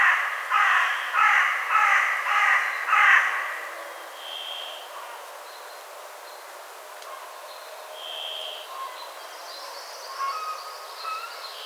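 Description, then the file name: Carrion crow calling several rasping caws in a fast even run, followed by faint thin whistles of other birds in the background. "Corvus corone"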